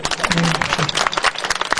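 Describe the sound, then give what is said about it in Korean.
A crowd claps steadily in a dense, crackling wash of applause as Haeinsa is announced in first place in a ranking of Buddhist seminaries. The applause holds at an even, fairly loud level, with a faint murmur of voices underneath. “큰 박수로”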